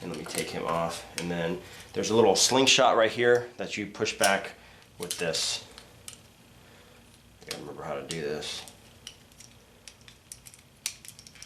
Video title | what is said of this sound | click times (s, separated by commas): Toy Review: Star Wars POTF 2 Speeder Bike with Biker Scout Stormtrooper / Kenner 1995 | And it locks into place. | 10.9 s